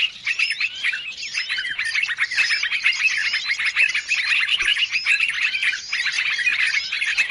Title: Baru Diputar Dah Banyak Merapat! Suara Pikat Burung Ribut